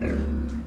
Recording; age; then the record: pig call; growing-finishing pig (85 days or more)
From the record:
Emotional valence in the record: negative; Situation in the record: barren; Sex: female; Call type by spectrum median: low-frequency call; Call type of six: low-frequency modulated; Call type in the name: low-frequency modulated, not sure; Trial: 3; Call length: 0.67 s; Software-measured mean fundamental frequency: 69 Hz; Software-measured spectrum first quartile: 79 Hz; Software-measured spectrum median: 193 Hz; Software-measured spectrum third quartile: 370 Hz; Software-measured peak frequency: 234 Hz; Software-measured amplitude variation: 108 dB a second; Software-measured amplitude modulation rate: 30.8 a second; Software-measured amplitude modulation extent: 3.5 dB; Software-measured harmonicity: -2.0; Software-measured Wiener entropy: -0.59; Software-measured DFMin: 717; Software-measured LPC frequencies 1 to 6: 1591, 2459, 3842, 4806, 5721, 6519 Hz